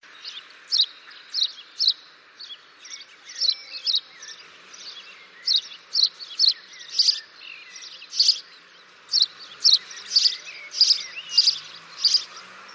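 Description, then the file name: House sparrow chirping persistently, a long series of sharp, high chirps, fairly evenly spaced throughout, with faint twitters between. "Passer domesticus"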